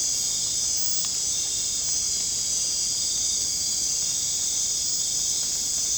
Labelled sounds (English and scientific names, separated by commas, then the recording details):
none
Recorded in pastures near Puerto Asís, Putumayo, Colombia, on 22 December 2024 at 19:00
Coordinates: 0.466, -76.322
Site G040